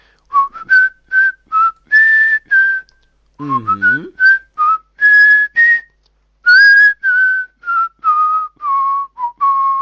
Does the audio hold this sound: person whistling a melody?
yes